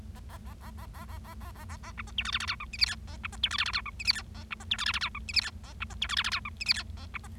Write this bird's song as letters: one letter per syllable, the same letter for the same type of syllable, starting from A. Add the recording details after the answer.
A A A A A A A A A A A A B C D E F F G H I J K A B C D E F F G H I J K A B C D E F F G H I J K A B C D E F F G H I J K A B C. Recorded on 25 March 2012 at 08:26. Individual gy6or6